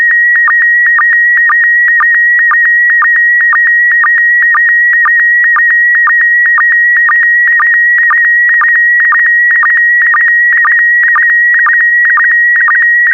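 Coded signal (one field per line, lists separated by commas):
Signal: SSTV (slow-scan television)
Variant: PD120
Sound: steady high warbling tone with rhythmic short low blips about twice per second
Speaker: the next image transmission will start in 10 seconds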